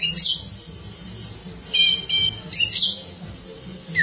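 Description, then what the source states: Oriental magpie-robin song in short bursts: scratchy, buzzy high notes in a few brief phrases separated by pauses, over a faint low hum. Kacer song.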